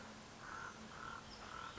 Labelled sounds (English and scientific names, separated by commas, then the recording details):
Common Raven (Corvus corax)
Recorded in Sonoma County, California